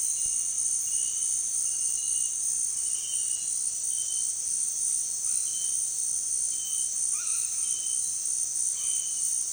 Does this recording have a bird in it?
yes